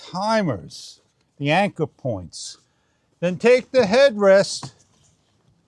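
After a seat-back mat is fitted in a 2019–2025 Toyota RAV4, the car headrest is about to be put back so its metal posts can be pushed down into the seat's plastic guides until they lock. Someone talks throughout the clip. Nothing has seated or clicked yet; the clip ends just before the headrest goes home.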